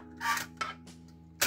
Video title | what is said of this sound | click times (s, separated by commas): DVD ROM Repair/ DVD RW open and repair / CD Drive Repair/ DVD Drive Repair !! | देखिए ये lock हो गया lock होने के बाद आप इसमें आप स्क्रू दल दीजिए | 0.6 s, 1.4 s